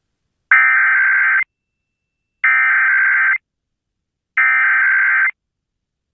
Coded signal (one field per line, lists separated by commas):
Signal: Emergency Alert System (SAME) tones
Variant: header bursts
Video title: Missouri’s Required Monthly Test On KTTS-FM [EAS #546]